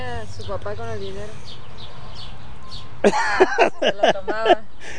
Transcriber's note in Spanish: risas